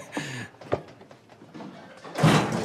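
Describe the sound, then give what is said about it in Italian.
A carpet being beaten: a few dull, irregular whacks and thumps, ending in a louder, longer burst of noisy impact. “Ma niente, starà sbattendo il tappeto, che è una cosa normale.”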